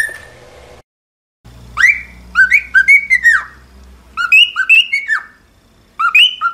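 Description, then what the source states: Cockatiel song of bright, bending whistles in quick paired notes, given in short bursts with pauses, over a faint low hum. One hour of cockatiel song intended for training cockatiels to sing.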